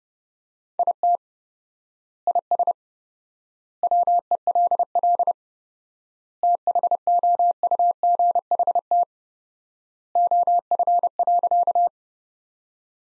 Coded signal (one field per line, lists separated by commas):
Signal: Morse code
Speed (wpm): 30 wpm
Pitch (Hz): 700 Hz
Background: none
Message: IT IS WELL THOUGHT OF.